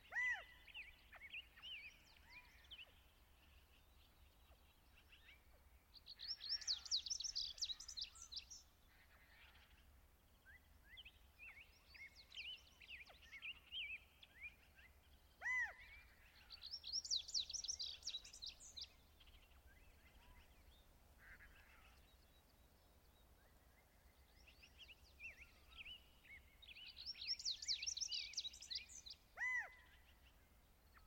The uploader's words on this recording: Morning At Columbia National Wildlife Refuge. By Andy "soundeziner" Martin.